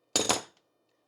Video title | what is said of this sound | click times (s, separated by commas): 83L and 95L Starlink Mini Mount Install | and squeeze it until it clicks. | 0.2 s